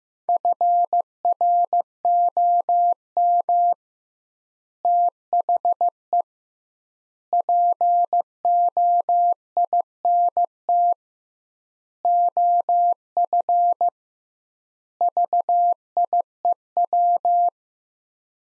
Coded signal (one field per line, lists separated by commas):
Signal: Morse code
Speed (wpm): 15 wpm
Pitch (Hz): 700 Hz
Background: none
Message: FROM THE POINT OF VIEW